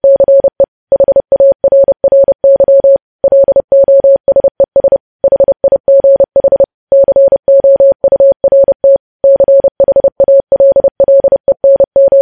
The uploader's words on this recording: Morse code transcription.